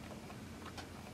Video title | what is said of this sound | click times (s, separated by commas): Axial Yeti Build Video #16 | with the little, there we go, it just pops right in there. | 0.8 s